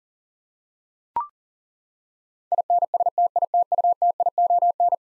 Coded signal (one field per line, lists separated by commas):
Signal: Morse code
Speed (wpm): 40 wpm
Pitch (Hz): 700 Hz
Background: none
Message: INSTITUTION